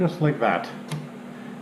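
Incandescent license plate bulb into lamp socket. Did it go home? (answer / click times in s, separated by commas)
yes / 0.9 s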